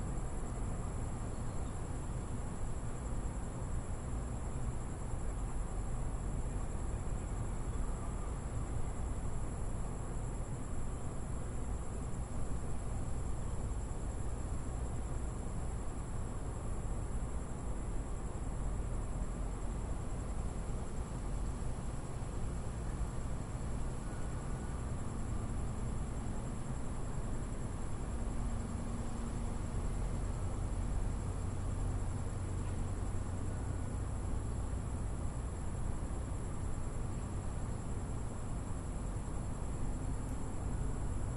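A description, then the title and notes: A steady, dense low rumble of a train or heavy traffic fills the whole stretch at close range, unchanging in loudness throughout. A thin, constant high insect whine sits above it, with faint brief tones surfacing around the middle and later. Recorded at night from the balcony of a home I was visiting in Houston’s first ward. A train passing very close toward the end of the recording. The house was about 100 feet from the tracks. Recorded in A/B with a matched pair of Clippy EM272s on my Zoom F6.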